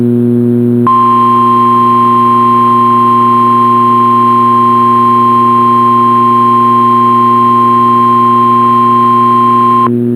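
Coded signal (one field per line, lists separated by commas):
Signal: Emergency Alert System (SAME) tones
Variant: 1050 Hz attention tone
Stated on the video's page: Required weekly test on a weather radio transmitter.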